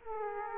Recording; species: mosquito wingbeat signal from an infrared sensor; Aedes aegypti